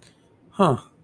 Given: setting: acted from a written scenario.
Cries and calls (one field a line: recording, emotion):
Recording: vocal sound without words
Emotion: neutral